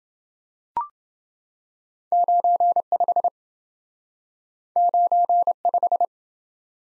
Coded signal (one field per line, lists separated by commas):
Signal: Morse code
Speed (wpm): 28 wpm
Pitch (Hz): 700 Hz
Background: none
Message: 95 95